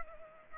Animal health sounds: mosquito wingbeat signal from an infrared sensor; Culex pipiens

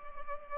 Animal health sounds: mosquito wingbeat signal from an infrared sensor; Culex pipiens

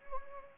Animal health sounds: mosquito wingbeat signal from an infrared sensor; Anopheles gambiae

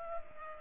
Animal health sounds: mosquito wingbeat signal from an infrared sensor; Culex pipiens

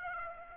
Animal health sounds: mosquito wingbeat signal from an infrared sensor; Aedes aegypti

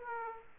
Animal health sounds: mosquito wingbeat signal from an infrared sensor; Aedes aegypti

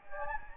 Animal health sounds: mosquito wingbeat signal from an infrared sensor; Anopheles gambiae

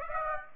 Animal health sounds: mosquito wingbeat signal from an infrared sensor; Aedes aegypti

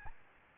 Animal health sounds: mosquito wingbeat signal from an infrared sensor; Aedes albopictus

